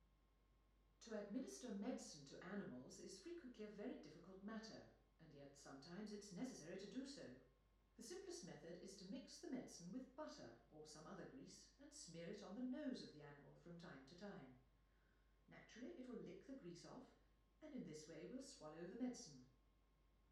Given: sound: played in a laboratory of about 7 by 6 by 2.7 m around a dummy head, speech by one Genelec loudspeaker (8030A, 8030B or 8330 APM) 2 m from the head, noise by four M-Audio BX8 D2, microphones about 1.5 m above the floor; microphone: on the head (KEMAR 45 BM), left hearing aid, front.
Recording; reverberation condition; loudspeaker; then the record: female speech in English; medium; 150 degrees to the right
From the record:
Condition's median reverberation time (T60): about 510 ms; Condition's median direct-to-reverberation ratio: about -0.5 dB